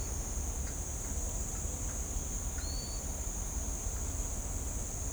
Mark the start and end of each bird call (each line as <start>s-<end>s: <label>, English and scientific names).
2.58s-3.02s: Trinidad Euphonia (Euphonia trinitatis)